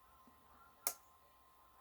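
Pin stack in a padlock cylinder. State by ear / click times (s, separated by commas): seated / 0.9 s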